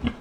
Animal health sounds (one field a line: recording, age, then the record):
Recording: pig call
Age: growing-finishing pig (85 days or more)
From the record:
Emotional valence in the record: positive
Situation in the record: run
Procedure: transit